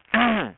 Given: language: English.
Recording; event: throat vibration sensor signal played as sound; throat clearing